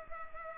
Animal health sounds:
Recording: mosquito wingbeat signal from an infrared sensor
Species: Culex pipiens

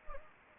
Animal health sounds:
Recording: mosquito wingbeat signal from an infrared sensor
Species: Anopheles gambiae

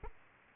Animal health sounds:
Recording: mosquito wingbeat signal from an infrared sensor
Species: Aedes albopictus

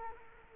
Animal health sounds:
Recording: mosquito wingbeat signal from an infrared sensor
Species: Culex quinquefasciatus

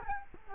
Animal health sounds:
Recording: mosquito wingbeat signal from an infrared sensor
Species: Culex quinquefasciatus

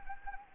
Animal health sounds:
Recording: mosquito wingbeat signal from an infrared sensor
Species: Anopheles arabiensis

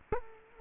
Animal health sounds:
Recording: mosquito wingbeat signal from an infrared sensor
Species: Culex quinquefasciatus

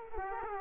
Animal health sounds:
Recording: mosquito wingbeat signal from an infrared sensor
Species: Aedes aegypti

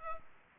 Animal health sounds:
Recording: mosquito wingbeat signal from an infrared sensor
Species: Culex pipiens

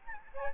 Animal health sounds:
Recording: mosquito wingbeat signal from an infrared sensor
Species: Aedes albopictus

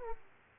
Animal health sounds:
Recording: mosquito wingbeat signal from an infrared sensor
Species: Aedes aegypti

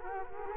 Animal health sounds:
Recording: mosquito wingbeat signal from an infrared sensor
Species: Culex quinquefasciatus

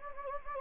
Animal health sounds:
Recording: mosquito wingbeat signal from an infrared sensor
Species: Anopheles gambiae

